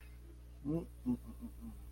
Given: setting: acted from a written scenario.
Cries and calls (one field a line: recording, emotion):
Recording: vocal sound without words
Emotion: shame